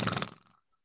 When someone has any kind of nasal obstruction, they do a tongue rubbing up against the soft palate snore, which is with the mouth open, very common. It's usually the loudest snores, and that's why it's usually men.